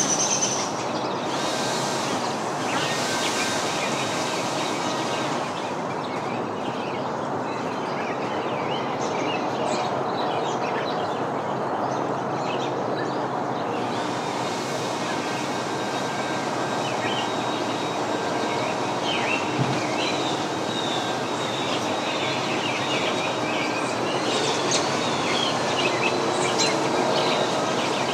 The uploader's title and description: A Symphony of Backyard Birds and Blowing Leaves. Unseasonal backyard birds pair their song with a seasonal leaf blower in an autumnal suburban backyard in Michigan.